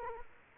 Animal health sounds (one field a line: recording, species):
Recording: mosquito wingbeat signal from an infrared sensor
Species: Culex quinquefasciatus